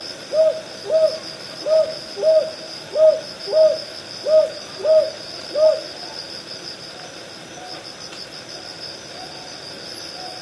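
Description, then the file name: Northern boobook giving nine hoots in a regular, paired rhythm, then stopping while a high insect chorus continues. "aobazuku"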